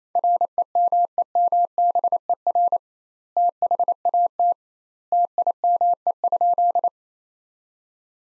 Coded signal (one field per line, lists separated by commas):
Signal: Morse code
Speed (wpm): 28 wpm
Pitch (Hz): 700 Hz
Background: none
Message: REMEMBER THAT TIME?